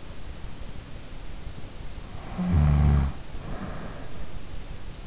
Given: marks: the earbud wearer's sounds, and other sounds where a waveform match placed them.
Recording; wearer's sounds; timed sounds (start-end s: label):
sounds in sleep by an in-ear microphone; snoring breath
2.37-4.43 s: snoring breath